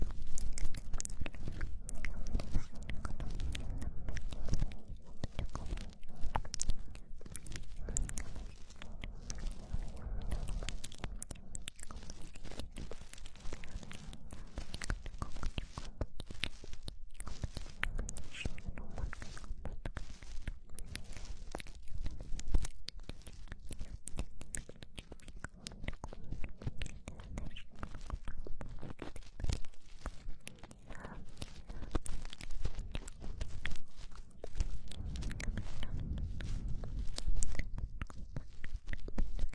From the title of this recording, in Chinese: 掏耳朵，耳边按摩